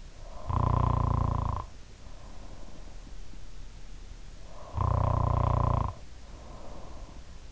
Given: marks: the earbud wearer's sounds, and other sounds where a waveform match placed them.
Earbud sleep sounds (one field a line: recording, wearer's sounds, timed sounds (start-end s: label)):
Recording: sounds in sleep by an in-ear microphone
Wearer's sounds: snoring breath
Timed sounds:
0.05-3.00 s: snoring breath
4.28-7.52 s: snoring breath